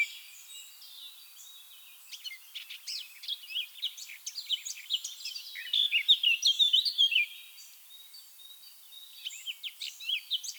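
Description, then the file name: Eurasian blackcap song: a rambling warble of quick scratchy and whistled notes building to a louder, denser stretch midway, then fading to softer phrases. "Sylvia atricapilla"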